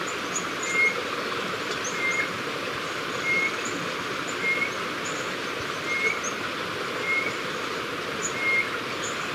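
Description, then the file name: White-bellied antpitta calling: short, clear whistled notes, seven in all, repeated over a steady insect hiss with faint high chirps. "Grallaria hypoleuca - White-bellied Antpitta"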